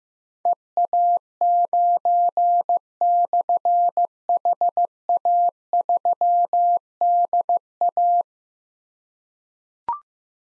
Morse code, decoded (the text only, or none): EA9/HA3DA